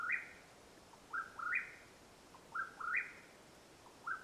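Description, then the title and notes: Mexican whip-poor-will singing a fast run of whistled calls, each two quick rising notes ending in a burry upward slur, repeated steadily. Mexican Whip-poor-will call at nightfall, Madera Canyon, Arizona, USA, 21 April 2022. "The call of the Mexican Whip-poor-will at nightfall in Madera Canyon, AZ. Recorded April, 21 2022."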